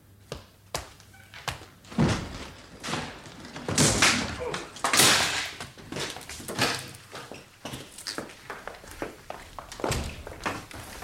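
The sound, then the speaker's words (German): A door is being broken in: a rapid series of heavy thuds and knocks, with several louder crashing, splintering bursts in the middle and quicker banging toward the end. “Hat keinen Zweck. Meldet sich keiner. Dann schlagen Sie die Tür ein.”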